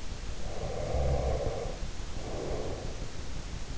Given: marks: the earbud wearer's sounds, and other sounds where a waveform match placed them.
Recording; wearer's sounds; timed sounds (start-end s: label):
sounds in sleep by an in-ear microphone; breath
0.05-3.23 s: breath